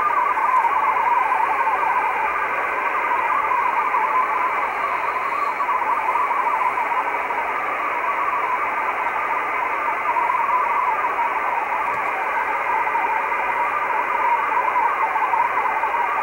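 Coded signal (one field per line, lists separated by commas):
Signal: multi-tone FSK (Olivia or MFSK type)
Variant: Olivia 8/500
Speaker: So that's nice little decoding of an Olivia signal. Olivia being a digital mode.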